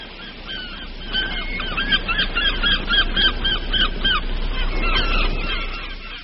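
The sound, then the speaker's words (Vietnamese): At dawn, repeated harsh, honking bird cries ring out in overlapping bursts above a steady low wash of lapping water waves, the calls loud and continuous for several seconds. “Nhưng rõ ràng, lẫn vào tiếng rì rào của sóng nước, có mấy tiếng kêu.”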